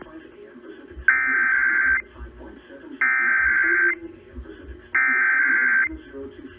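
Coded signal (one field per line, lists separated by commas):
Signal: Emergency Alert System (SAME) tones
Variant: header bursts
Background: speech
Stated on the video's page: Required Weekly Tests received from three NOAA Weather Radio stations.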